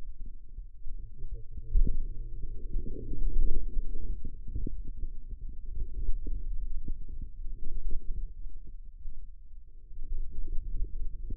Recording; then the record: forearm muscle sounds (acoustic myography)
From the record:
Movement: hand opening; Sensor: system 2, bracelet of six BSWA MPA416 microphones around the upper forearm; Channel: 5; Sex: male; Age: 22 years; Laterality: right